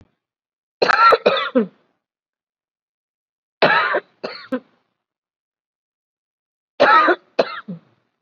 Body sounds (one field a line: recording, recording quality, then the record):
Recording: heavy voluntary cough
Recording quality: excellent, no background noise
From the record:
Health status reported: COVID-19 positive, moderate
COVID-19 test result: positive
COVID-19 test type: RT-PCR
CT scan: taken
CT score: 11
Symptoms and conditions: cough, fever, fatigue, muscle pain, loss of smell and taste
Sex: female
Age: 57 years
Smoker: no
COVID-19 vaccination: one dose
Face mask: worn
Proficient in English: no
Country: India